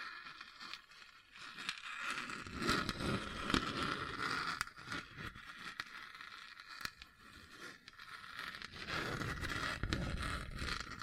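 Scratching across a hard, bumpy surface, with rough scraping strokes and crackly ticks throughout. The texture is dense and uneven, swelling into heavier gritty passes around 2–4 seconds and again near 9–10 seconds. A steady, slightly bright whine sits underneath.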